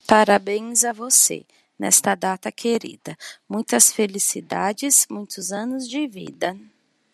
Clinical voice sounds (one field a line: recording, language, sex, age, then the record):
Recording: short text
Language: Brazilian Portuguese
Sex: female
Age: 40 to 49 years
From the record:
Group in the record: control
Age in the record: 43 years